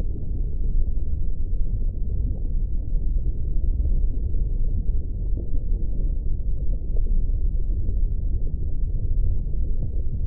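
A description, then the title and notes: A dense, steady underwater rumble with deep muffled low tones, nothing above a dull murmur, holding constant with faint flickers throughout. Underwater Ambience.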